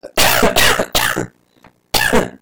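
An adult's short, repeated "tuk tuk" cough: several harsh bursts in quick succession, with a brief pause before the last one.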